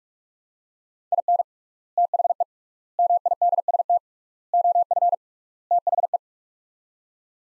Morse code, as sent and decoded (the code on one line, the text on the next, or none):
.. -. / - .... . / -- .. -.. ... - / --- ..-. / - .... .
IN THE MIDST OF THE